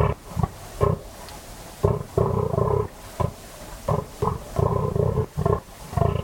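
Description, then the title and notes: Fallow deer groans, deep and rasping, in irregular bursts, some drawn out and others clipped, with brief silences between. Fallow buck during autumn rut, 3am moonless cold still night, West Dorset; staking claim, warning off rivals and guarding his does; guttural bellow echoing through combes and hills. "Sound Escape 38: the eerie and dramatic fallow deer rut on a dark Dorset night. It's 3am on an autumn night in West Dorset. A fallow buck is staking his claim, warning off rivals and guarding his does. A guttural bellow that bursts the quiet and echoes through the combes and hills. BBC Countryfile Magazine. Recorded by Kevin Parr"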